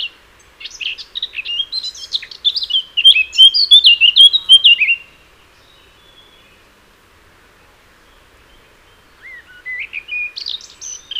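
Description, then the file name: Eurasian blackcap song, a scratchy warble building into bright fluted whistles, followed by several seconds of silence before another phrase begins. "Sylvia atricapilla"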